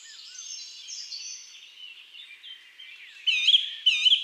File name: Grive musicienne Chants doiseaux des bois et des forets